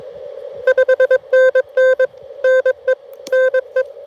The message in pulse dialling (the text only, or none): none